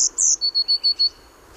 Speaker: En de pimpelmees, die klinkt dan weer meer als een belletje.